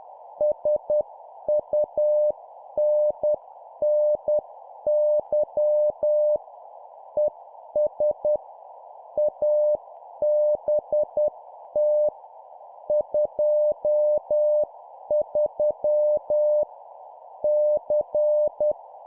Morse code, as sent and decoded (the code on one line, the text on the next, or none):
... ..- -. -. -.-- / . ... / .- -... - / ..--- ...-- / -.-.
SUNNY ES ABT 23 C